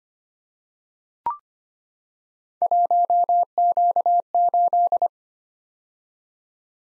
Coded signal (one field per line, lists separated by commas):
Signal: Morse code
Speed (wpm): 25 wpm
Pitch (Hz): 700 Hz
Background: none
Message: 1Q8